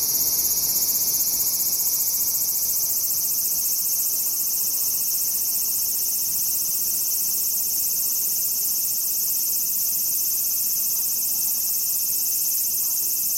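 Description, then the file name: Large brown cicada song: an even, unbroken hissing sizzle, bright and high, sustained at constant loudness for the whole stretch. "セミ アブラゼミの鳴き声"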